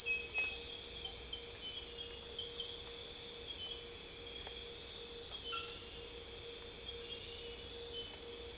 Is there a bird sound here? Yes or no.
no